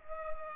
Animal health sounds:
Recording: mosquito wingbeat signal from an infrared sensor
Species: Culex pipiens

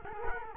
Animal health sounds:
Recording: mosquito wingbeat signal from an infrared sensor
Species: Culex quinquefasciatus

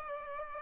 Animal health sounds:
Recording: mosquito wingbeat signal from an infrared sensor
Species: Aedes aegypti

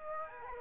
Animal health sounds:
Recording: mosquito wingbeat signal from an infrared sensor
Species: Aedes aegypti

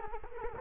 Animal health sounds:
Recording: mosquito wingbeat signal from an infrared sensor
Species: Culex quinquefasciatus

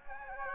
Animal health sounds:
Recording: mosquito wingbeat signal from an infrared sensor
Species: Anopheles gambiae

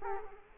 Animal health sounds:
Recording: mosquito wingbeat signal from an infrared sensor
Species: Culex quinquefasciatus

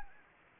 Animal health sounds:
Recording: mosquito wingbeat signal from an infrared sensor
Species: Anopheles gambiae

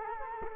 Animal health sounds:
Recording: mosquito wingbeat signal from an infrared sensor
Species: Culex quinquefasciatus

